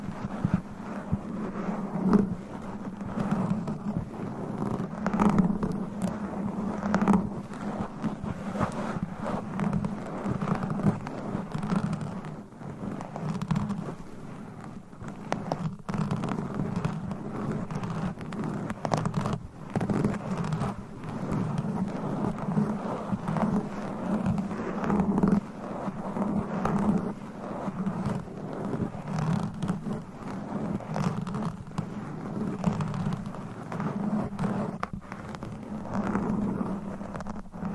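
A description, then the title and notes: Continuous scratching against a microphone, a dense low rumbling rasp with frequent sharp crackling bursts and no talking throughout. ASMR Mic Scratching - Brain Scratching Hypnotic Asmr No Talking for Sleep with Long Nails.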